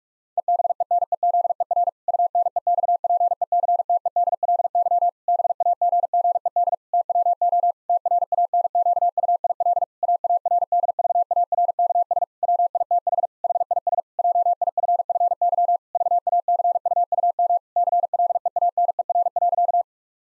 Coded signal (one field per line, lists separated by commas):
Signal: Morse code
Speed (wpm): 46 wpm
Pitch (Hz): 700 Hz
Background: none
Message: EBENEZER UNEXPECTEDLY BAGGED TWO TRANQUIL AARDVARKS WITH HIS JIFFY VACUUM CLEANER.